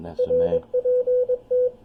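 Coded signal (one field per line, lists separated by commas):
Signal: Morse code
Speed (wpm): 22 wpm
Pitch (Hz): 500 Hz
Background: speech, radio noise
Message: RPT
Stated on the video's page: Amateur signal received on a linked end-fed half-wave antenna used for NVIS or DX, without a tuner.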